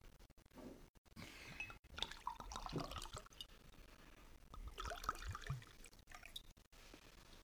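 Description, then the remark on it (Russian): Good old ale glugs and splashes as it is poured into mugs on New Year's Eve, a steady gurgling stream with a few brief pauses and small clinks between pours, fairly quiet and with no talking. “Давайте выпьем по кружке доброго старого эля.”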